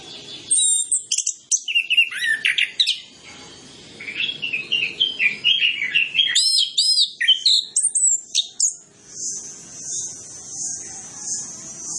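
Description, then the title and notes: Orange-headed Thrush singing a long, varied run of rapid whistles, trills and chirps, ending with a softer repeated high thin note. Training lure recording of song with full mimicry fill-in phrases, played to prompt Orange-headed Thrushes to sing quickly and freely. "Masteran Anis Kembang Full Isian Untuk Suara Pancingan Anis Kembang Agar Cepat Ngeplong. Suara Burung Anis Kembang"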